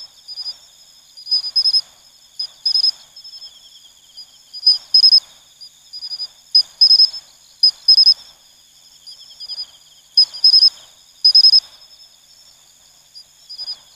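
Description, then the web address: Matsumushi cricket singing bright, tinkling pulses in short pairs and triplets, repeated irregularly, while a constant high insect drone runs underneath. "sikioto insect matsumushi"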